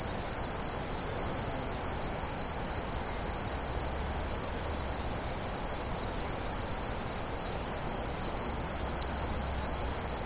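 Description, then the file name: Crickets singing, a steady high pulsing trill running continuously throughout. Recorded 17 July 2013 with an MZ-N710 recorder. "grillons la fortiche"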